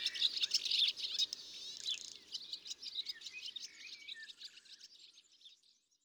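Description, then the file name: European serin delivering a quick, sizzling jingle that fades away after a few seconds, with a few soft lower whistles. "Serin cini ABC des chants doiseaux"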